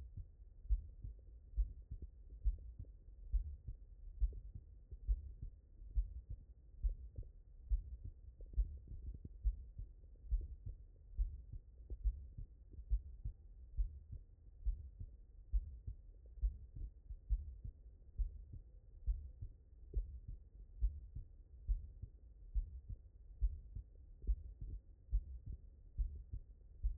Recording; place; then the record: heart sounds by stethoscope; tricuspid valve (TV)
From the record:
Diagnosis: non-HFrEF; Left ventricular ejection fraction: 63%